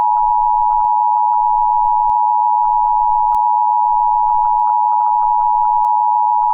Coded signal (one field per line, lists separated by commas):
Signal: Emergency Alert System (SAME) tones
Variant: 853 and 960 Hz attention tone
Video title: EAS Scenario: California Girls Attack Part 6